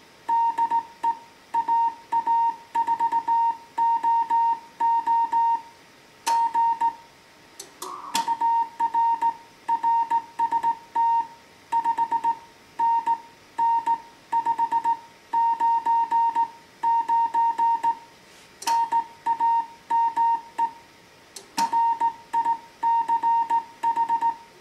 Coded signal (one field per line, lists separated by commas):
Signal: Morse code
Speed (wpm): 17 wpm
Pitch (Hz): 920 Hz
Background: music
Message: DE AA4OO GUR RST 5NN 599 NAME RICH